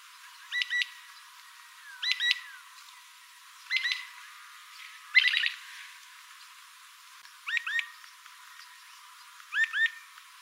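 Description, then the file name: Rufous-fronted thornbird song: steady series of paired rising chirps, about one pair every two seconds, with one longer burst of several notes mid-sequence. "Canto do mexeriqueira"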